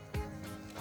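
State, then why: Not seated. A key-contact circuit board from a Yamaha PSR-S750 keyboard, serviced because some keys stopped working, is handled over its plastic keybed frame after the key rubber contacts have been reinstalled, ready to be pressed into its retaining clips. A short low thump of handling noise comes at about 0.2 s, followed by a quieter, steady rustle. Nothing has seated or clicked yet.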